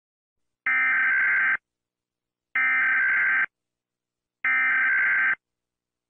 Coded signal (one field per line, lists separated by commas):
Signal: Emergency Alert System (SAME) tones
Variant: header bursts